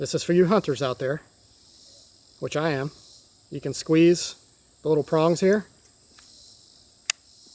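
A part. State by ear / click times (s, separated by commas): seated / 7.1 s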